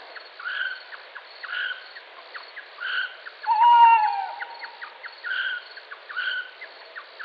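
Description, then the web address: Tawny owl giving a single drawn-out, mellow hoot of about a second and a half, with regular chirping notes and clicks from other calls repeating in the background. "strix aluco call"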